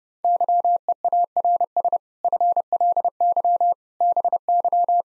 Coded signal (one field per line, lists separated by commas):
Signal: Morse code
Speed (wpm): 30 wpm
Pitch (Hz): 700 Hz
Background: none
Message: YEARS FLY BY